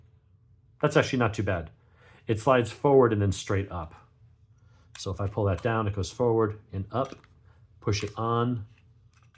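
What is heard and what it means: Someone talks while reassembling a Taurus TX22 Compact .22 pistol, lowering the slide onto the pistol frame and pushing it forward and up. The speech comes in bursts with quiet gaps, and the slide has not yet clicked or seated into place by the end of the clip.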